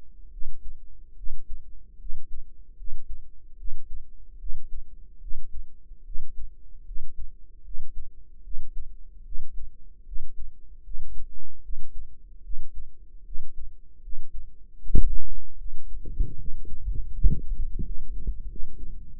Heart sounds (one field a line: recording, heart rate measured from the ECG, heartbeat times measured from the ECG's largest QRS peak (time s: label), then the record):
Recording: heart sounds by microphone in the right ear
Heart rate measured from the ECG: 76 bpm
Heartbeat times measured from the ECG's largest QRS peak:
0.29 s: heartbeat
1.14 s: heartbeat
1.97 s: heartbeat
2.75 s: heartbeat
3.55 s: heartbeat
4.37 s: heartbeat
5.18 s: heartbeat
6.02 s: heartbeat
6.83 s: heartbeat
7.62 s: heartbeat
8.41 s: heartbeat
9.22 s: heartbeat
10.03 s: heartbeat
10.81 s: heartbeat
11.60 s: heartbeat
12.41 s: heartbeat
13.23 s: heartbeat
14.00 s: heartbeat
14.77 s: heartbeat
15.56 s: heartbeat
16.35 s: heartbeat
17.11 s: heartbeat
17.82 s: heartbeat
18.46 s: heartbeat
19.14 s: heartbeat
From the record:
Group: healthy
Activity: rest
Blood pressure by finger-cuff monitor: 109/72 mmHg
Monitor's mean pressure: 84 mmHg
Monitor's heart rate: 76 bpm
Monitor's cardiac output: 5.7 L/min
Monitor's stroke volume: 76 mL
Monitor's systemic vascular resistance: 1080 dyn s/cm5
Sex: female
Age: 22 years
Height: 160 cm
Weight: 45 kg